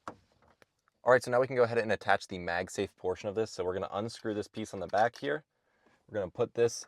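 The plastic outer locking ring of a car dashboard phone mount's vacuum suction base is turned clockwise until it pops into place with a sharp click at 0.1 s, followed by a few faint ticks. From about 1 s on, someone talks. The ring is seated and locked.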